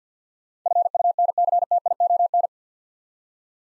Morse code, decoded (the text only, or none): FUNCTION